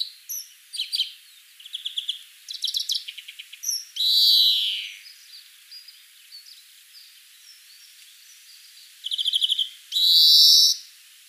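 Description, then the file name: European greenfinch mixing quick twittering trills with a drawn-out buzzy wheeze, then more rattled trills and a second long wheeze. "Chloris chloris"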